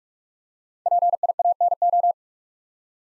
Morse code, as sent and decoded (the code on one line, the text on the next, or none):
.--. .. .- -. ---
PIANO